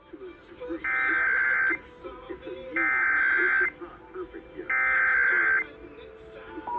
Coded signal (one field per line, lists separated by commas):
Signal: Emergency Alert System (SAME) tones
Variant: header bursts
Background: speech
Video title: December 2023 Texas Required Monthly Test (EAS #511-538)